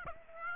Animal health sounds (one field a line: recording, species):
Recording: mosquito wingbeat signal from an infrared sensor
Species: Aedes aegypti